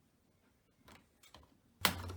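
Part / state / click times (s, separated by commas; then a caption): door interlock latch on a front-loading washing machine door / released / 1.9 s. The door interlock latch on a front-loading Bosch washing machine door releases after the drum-clean cycle ends. A few faint ticks come before a sharp, loud click at 1.8 s, followed by a low hum. The door is released and opens.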